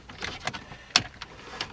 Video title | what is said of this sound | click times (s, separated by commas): Common Problem: Honda Accord Temp Control Knob No HEAT No A/C Loose Cable Easy Fix | green one just going to snap in place | 1.0 s